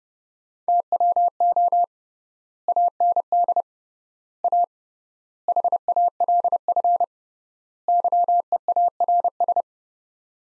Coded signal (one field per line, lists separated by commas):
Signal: Morse code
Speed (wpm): 30 wpm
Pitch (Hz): 700 Hz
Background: none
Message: TWO AND A HALF YEARS